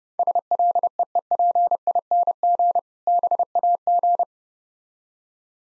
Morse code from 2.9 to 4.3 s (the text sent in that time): BAG